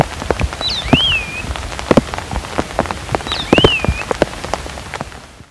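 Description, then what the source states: Island thrush song: two clear whistled phrases, each a short high note followed by a rising-then-falling slurred whistle, about three seconds apart, over heavy pattering rain and drips. Papua New Guinea.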